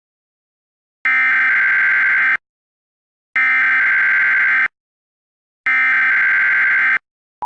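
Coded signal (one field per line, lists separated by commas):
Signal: Emergency Alert System (SAME) tones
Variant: header bursts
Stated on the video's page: Fictional simulated EAS scenario alert.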